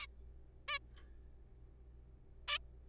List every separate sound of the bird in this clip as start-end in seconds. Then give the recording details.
0.01-0.06, 0.68-0.78, 2.48-2.58. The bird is a juvenile. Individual R3428